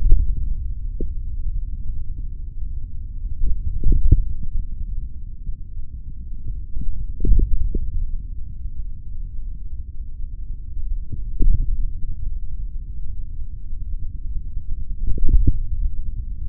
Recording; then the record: forearm muscle sounds (acoustic myography)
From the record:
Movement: finger pinch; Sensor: system 3, bracelet of six PUI Audio POM-2738L microphones around the upper forearm, with dedicated amplification and filtering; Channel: 1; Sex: male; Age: 56 years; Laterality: right